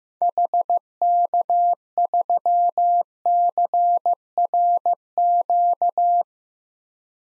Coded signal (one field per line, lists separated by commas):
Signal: Morse code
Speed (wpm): 15 wpm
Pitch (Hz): 700 Hz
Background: none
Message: HK3CRQ